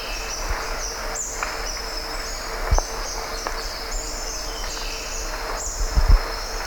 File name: wallaces hanging parrot